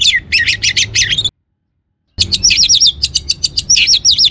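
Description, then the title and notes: Orange-headed Thrush song, fast bursts of high chirps and wavering whistled phrases, broken by a short silent gap, then repeated looping whistles. "Kicau Burung Anis"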